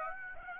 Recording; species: mosquito wingbeat signal from an infrared sensor; Aedes aegypti